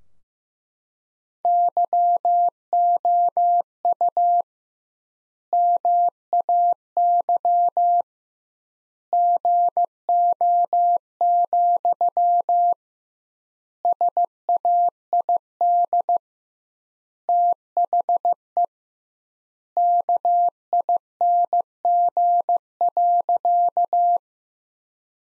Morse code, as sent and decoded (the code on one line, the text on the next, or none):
-.-- --- ..- / -- .- -.-- / --. --- --..-- / ... .- .. -.. / - .... . / -.- .. -. --. .-.-.-
YOU MAY GO, SAID THE KING.